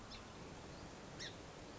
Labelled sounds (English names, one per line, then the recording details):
Song Sparrow
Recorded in Sonoma County, California